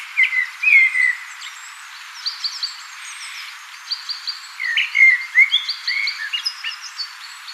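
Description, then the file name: Common blackbird song with rich fluted notes and squeaky high flourishes, phrases following closely with short gaps, continuous warbling through most. "Turdus merula"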